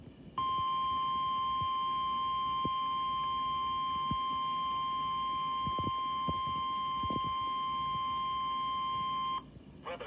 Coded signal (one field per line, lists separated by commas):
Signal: Emergency Alert System (SAME) tones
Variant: 1050 Hz attention tone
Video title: Severe Thunderstorm Warning on La Crosse weather radio